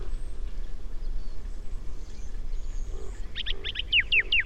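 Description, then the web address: Common nightingale song: after a quiet noisy stretch, a quick series of about seven repeated slurred whistled notes, over constant low background rumble. "SETE data Luscinia megarhynchos"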